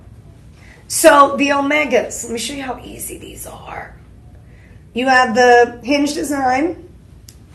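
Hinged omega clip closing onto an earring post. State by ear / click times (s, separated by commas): seated / 7.3 s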